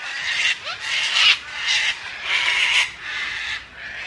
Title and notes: Kakadu - Cockatoo. Große Meuten von Kakadus am Cape Gloucester machen einen Höllenlärm, wenn sie vorbeiflieen. Der Sound ist etwas nervig - schrill und laut. Der Sound wurde für mich von Jessie am Cape Gloucester aufgenommen